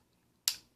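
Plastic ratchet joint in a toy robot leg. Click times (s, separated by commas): 0.5 s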